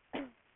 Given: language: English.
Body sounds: throat vibration sensor signal played as sound; cough

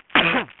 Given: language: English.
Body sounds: throat vibration sensor signal played as sound; cough

